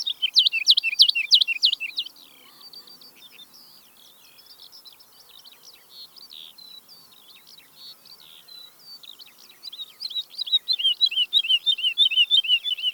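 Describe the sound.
Woodlark song with loud rapid notes at the start, a quieter stretch of mixed high twitters, then a fresh run of fast repeated warbled notes.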